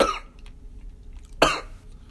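Two short, sharp coughs from an adult man, about 1.4 seconds apart, in a quiet room.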